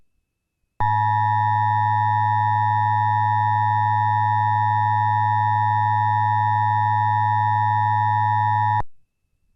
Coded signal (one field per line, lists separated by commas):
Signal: Emergency Alert System (SAME) tones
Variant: 853 and 960 Hz attention tone